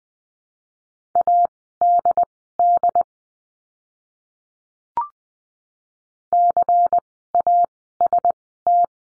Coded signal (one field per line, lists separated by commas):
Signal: Morse code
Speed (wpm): 20 wpm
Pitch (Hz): 700 Hz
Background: none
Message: ADD CAST